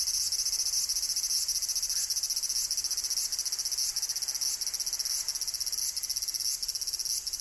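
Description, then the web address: Cicadas in a dense high-pitched chorus, a steady shrill drone with pulses swelling at a regular rate, several insects overlapping. Summer insect ambience in Tokyo, Japan; several cicadas; stereo. "Sound Effects-Foundation 1 AMBIENCE TOKYO SUMMER INSECTS CICADAS"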